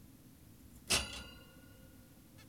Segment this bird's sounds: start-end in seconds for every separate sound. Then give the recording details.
2.39-2.44. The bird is an adult. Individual g17y2U